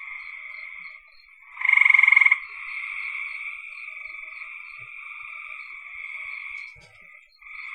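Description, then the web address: Frog calls: high trilling throughout with one loud pulsed burst early on, then a brief tap. "cn frogs"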